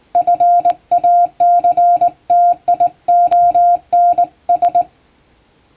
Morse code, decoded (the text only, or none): FACTIONS